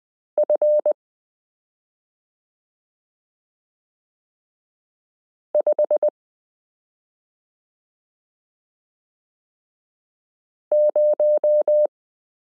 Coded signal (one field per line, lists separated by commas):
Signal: Morse code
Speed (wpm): 20 wpm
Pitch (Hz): 600 Hz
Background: none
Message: F 5 0